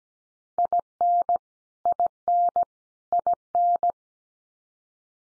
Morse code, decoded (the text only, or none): IN IN IN